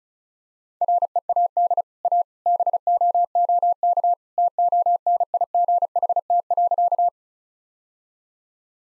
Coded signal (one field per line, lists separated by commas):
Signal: Morse code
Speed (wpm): 36 wpm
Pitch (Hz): 700 Hz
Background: none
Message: READ A BOOK TONIGHT.